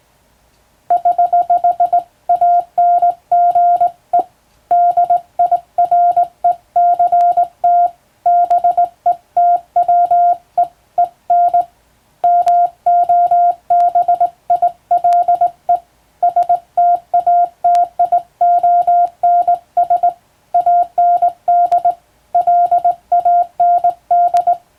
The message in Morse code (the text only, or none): <HH> ANGE DIRECT BETWEEN MOBILE STATIONS AND LAND